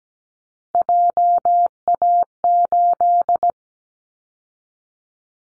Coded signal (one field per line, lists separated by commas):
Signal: Morse code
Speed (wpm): 17 wpm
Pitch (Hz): 700 Hz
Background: none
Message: JA8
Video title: Callsign Prefixes for Top 25 DXCC 17wpm